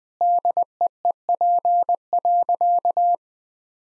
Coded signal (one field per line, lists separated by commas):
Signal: Morse code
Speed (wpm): 20 wpm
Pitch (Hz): 700 Hz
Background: none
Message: DEEP.